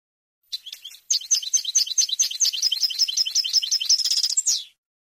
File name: suara burung chardonneret atau goldfinch eropa om kicau